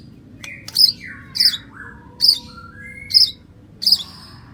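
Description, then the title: White-rumped shama giving five sharp high chips, interleaved with soft clear whistles that rise and fall. "murai batu"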